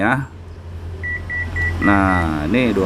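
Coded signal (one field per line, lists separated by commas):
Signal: none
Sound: SWR meter's beeps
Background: speech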